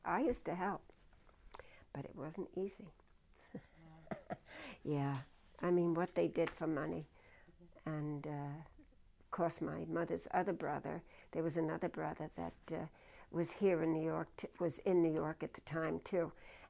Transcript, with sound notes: I used to help, but it wasn't easy. ( she laughs ) Yeah. I mean, what they did for money. And, uh, of course, my mother's other brother, there was another brother that, uh, was here in New York, was in New York at the time, too.